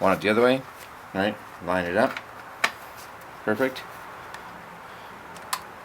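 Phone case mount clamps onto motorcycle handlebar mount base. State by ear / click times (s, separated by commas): seated / 5.5 s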